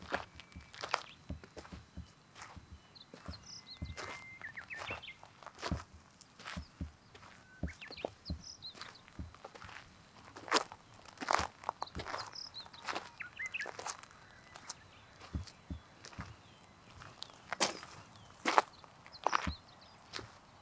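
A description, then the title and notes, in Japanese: Footsteps crunch over gravel on a riverbank, a steady stream of sharp, scraping steps at an easy walking pace throughout. Light bird calls, likely a bush warbler, chirp faintly in the background now and then, with a soft constant hiss underneath. うぐいすの声を聞きながら河原を歩く。河原をじゃりじゃり歩いていきましょう。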